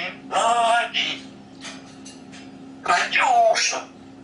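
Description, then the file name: Grey parrot talking in voice-like phrases, a couple of syllables, a quiet gap, then a longer phrase with a sliding tonal part. Grey parrot named Grig, talking. "a vot eto razgovarivaet odna pernataya skotina po imeni grig"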